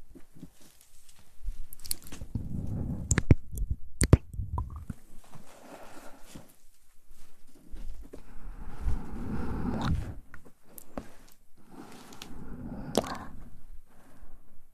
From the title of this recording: ASMR Mouth Sounds & Ear Play